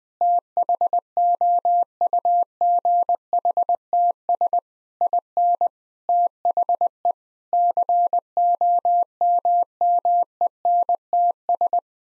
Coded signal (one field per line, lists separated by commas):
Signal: Morse code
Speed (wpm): 20 wpm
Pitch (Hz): 700 Hz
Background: none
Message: THOUGHTS IN THE COMMENTS